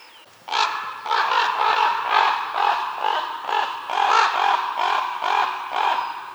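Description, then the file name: Common raven rapid run of rough, throaty calls, roughly two per second, loud and sustained, with a quiet start before the calling begins. "Corvus corax"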